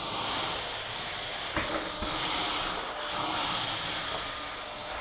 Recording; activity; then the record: daily activity, microphone in the room; vacuum cleaning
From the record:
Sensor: 5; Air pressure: 992.0 hPa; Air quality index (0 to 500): 175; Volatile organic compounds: 621 ppm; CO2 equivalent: 4959 ppm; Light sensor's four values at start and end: 28/97/36/38 and 27/93/34/36